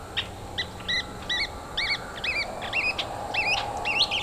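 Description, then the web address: Coqui frog calls, two-part notes stepping sharply upward, repeated about twice a second in a steady series, over a constant hiss of background noise. "lbrc coki dobbs"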